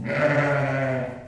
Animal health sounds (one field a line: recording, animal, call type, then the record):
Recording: contact call of a hoofed animal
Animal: sheep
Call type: low-frequency (closed-mouth) or high-frequency (open-mouth) call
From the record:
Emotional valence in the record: negative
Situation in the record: short social isolation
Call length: 1.28 s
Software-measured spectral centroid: 1500 Hz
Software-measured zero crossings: 1540 a second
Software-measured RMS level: -24 dBFS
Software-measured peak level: -9 dBFS